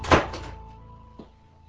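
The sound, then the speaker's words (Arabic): A door swings shut with a solid thud and a quick second knock, a faint ringing hum lingers, then a small latch click follows about a second later. “ادخل يا صديقي بسرعة وأغلق الباب.”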